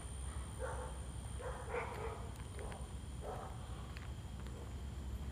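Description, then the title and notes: Dog barking in short, harsh bursts, several barks in quick, uneven succession, over a steady low rumbling background and a faint high tone. Dogs (K-9s) guarding a home from intruders at night. "Night Guardians. K-9s guarding home from intruders"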